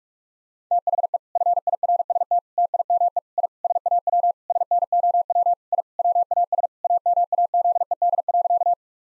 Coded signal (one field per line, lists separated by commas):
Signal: Morse code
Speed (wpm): 41 wpm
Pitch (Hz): 700 Hz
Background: none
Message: THE FIRST TIME I SAW SNOW I WAS AMAZED.